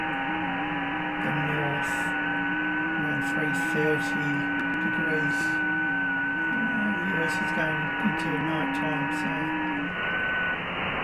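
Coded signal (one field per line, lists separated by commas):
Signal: FT8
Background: speech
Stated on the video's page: Amateur FT8 and FT4 contacts with stations around the world.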